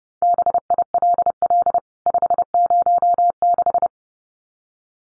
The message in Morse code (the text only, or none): BILL 506